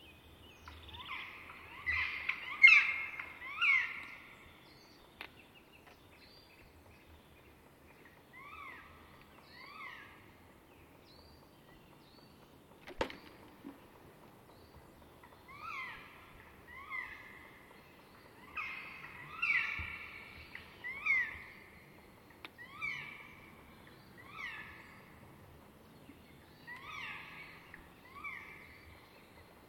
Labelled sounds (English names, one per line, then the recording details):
Black Woodpecker song
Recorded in the wild
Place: Kaiserslautern, Rheinland-Pfalz, DE
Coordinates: 49.26, 7.45
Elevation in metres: 206
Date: 1977-03-08
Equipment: Nagra IV, Sennheiser MKH 405, Parabolreflektor
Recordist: Tretzel, Erwin